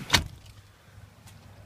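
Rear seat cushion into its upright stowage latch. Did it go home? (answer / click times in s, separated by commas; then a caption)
yes / 0.2 s. The rear seat cushion of a 2013 Nissan Titan Pro-4X pickup is flipped up into its upright stowed position, so items stored beneath it aren't squished. A single loud latching hit at 0.15 s marks the cushion locking into place, followed by quiet. The cushion is confirmed seated.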